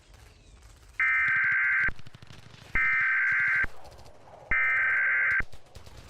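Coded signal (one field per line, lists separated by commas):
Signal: Emergency Alert System (SAME) tones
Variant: header bursts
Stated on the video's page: Fictional scenario alert involving a mysterious signal hijack.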